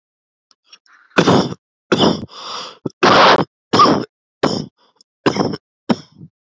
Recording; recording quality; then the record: heavy voluntary cough; excellent, no background noise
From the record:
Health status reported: COVID-19 positive, mild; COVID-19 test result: positive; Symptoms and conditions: cold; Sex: male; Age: 26 years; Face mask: not worn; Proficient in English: yes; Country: India